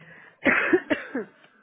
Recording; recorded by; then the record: voluntary cough; telephone call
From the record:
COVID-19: negative